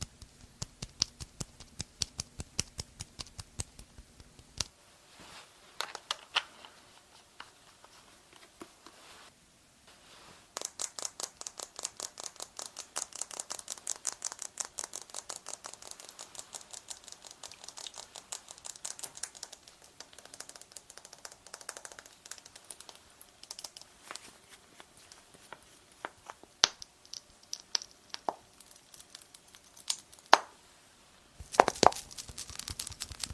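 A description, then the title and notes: Fast, layered tapping and brushing sounds are made of crisp, bright clicks in dense rapid runs. A low hum sits under the first few seconds, the busiest stretch comes around 10 to 20 seconds, and a sharp burst of taps returns near the end. Doing Your Night Skincare Fast & Aggressive (layered sound, tapping, hair brushing, no talking).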